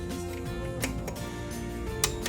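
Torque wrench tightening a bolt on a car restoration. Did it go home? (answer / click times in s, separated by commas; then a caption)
yes / 2.0 s. A torque wrench tightens a bolt on a 1973 Triumph TR6 during a restoration. A final pass continues over steady background music, and the wrench clicks at its setting at 2.0 seconds, confirming the bolt is torqued.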